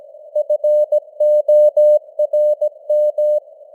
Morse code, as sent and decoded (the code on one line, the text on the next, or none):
..-. --- .-. --
FORM